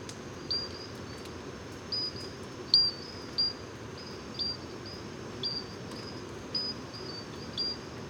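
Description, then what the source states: Pinchon's robber frog giving short, high, clear notes repeated irregularly, one louder, over a soft background hiss. Moscou, heights of Gourbeyre, Guadeloupe, edge of national park, 736 m altitude, 10 November 2018; constant rain; Basse-Terre forests only; sings also by day; crystal-like insect-like note.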